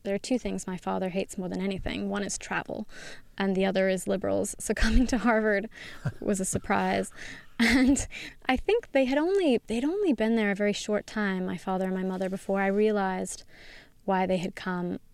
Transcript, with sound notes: There are two things my father hates more than anything. One is travel and the other is liberals. So coming to Harvard...
(Laughter).
...Was a surprise. And I think they had only been there a very short time, my father and my mother, before I realized why they had come.